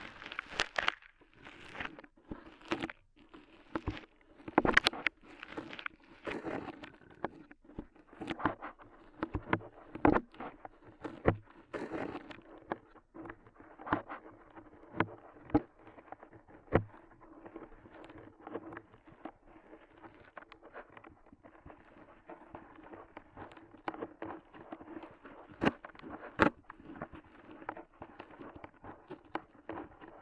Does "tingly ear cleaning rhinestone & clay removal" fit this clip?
yes